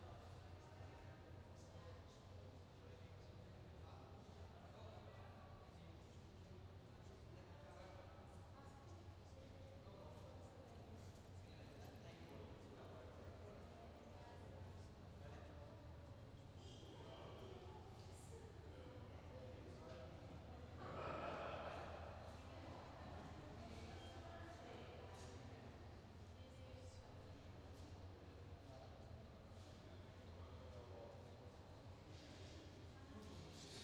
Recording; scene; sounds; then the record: everyday scene through a hearing-aid microphone; reverberant space; background noise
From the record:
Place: railway station hall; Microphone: in the ear canal, left